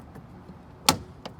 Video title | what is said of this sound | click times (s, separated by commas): How to fix a door slide on f250 | snaps right in. | 0.9 s